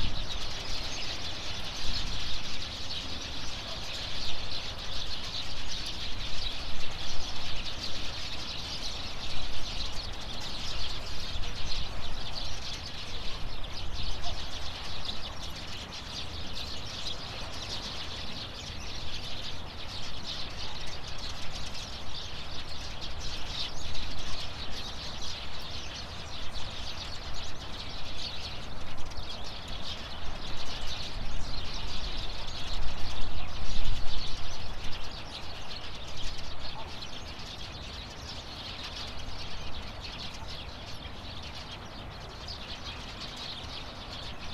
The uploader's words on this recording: Gujia Island Shore Birds. The birds are twittering in the trees.